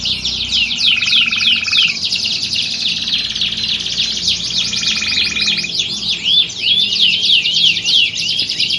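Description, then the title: Canary song with rapid high trills and a buzzy rolling section, followed by quick chattering phrases and looping whistles, continuous throughout. Belgian canary; warm-up song used to train canaries for singing contests and build a champion bird's confidence. "Canto Para Esquentar Canário Belga. Simulasi Lomba Kenari. Suara Kenari Lomba. Melatih Mental Kenari Juara"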